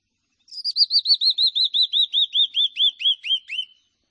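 Canyon wren song, a cascade of many clear whistled notes that slow and descend steadily in pitch over about three seconds.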